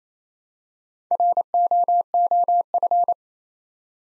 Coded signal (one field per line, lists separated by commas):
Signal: Morse code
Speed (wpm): 29 wpm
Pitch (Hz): 700 Hz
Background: none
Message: ROOF